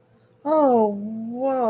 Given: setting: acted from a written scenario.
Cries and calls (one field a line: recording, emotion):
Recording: vocal sound without words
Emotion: awe